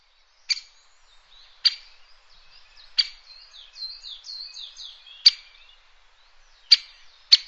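Bird giving sharp, loud chip notes at irregular intervals, with a softer run of thin, descending twittering notes in between.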